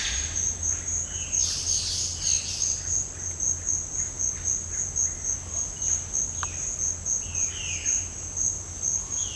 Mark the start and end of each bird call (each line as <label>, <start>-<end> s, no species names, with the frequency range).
bird call (2.3-6.2 kHz), 1.18-2.88 s
bird call (1.5-4.2 kHz), 7.04-7.99 s